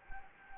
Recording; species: mosquito wingbeat signal from an infrared sensor; Anopheles gambiae